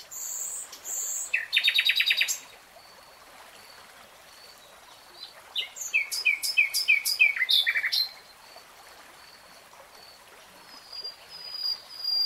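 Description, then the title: Nightingale song: loud phrases of rapid repeated notes, a burst near the start and a longer rattling series in the middle, with pauses and faint thin whistles between. Nightingale singing in real time. "[Tiếng chim hót] 3 Hours REALTIME Nightingale Singing"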